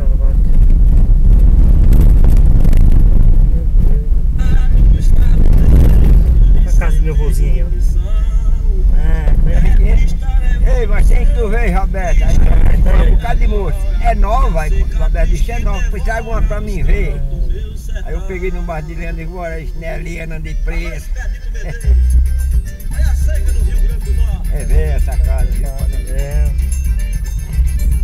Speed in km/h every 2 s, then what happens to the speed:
26, 27, 26, 26, 26, 27, 26, 23, 18, 13, 13, 13, 15, 17.
0-11 steady at about 26. 11-18 slows to 13.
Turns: none.